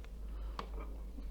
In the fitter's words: the snow heads from here and click here, it clicks and you hear it click and pull.